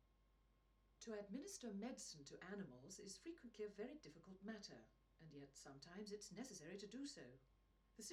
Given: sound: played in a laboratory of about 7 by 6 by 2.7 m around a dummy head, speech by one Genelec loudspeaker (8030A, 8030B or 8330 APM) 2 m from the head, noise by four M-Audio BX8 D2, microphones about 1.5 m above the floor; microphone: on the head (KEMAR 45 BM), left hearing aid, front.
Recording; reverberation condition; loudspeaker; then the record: female speech in English; low; in front (0 degrees)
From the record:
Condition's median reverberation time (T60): about 310 ms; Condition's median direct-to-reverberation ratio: about 3.5 dB